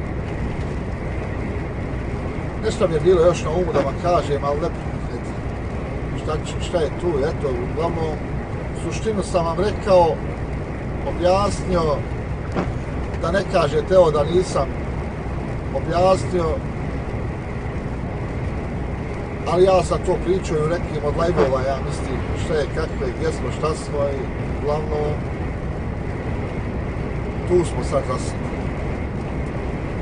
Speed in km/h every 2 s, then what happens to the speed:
87, 87, 86, 86, 87, 87, 86, 87, 87, 86, 86, 87, 87, 88, 87.
0-30 steady at about 87.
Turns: none.